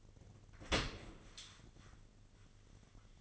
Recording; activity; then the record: daily activity, microphone in the room; open dishwasher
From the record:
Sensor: 4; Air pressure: 1013.2 hPa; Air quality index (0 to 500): 178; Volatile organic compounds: 2 ppm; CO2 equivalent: 1119 ppm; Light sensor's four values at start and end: 75/186/77/79 and 74/185/77/78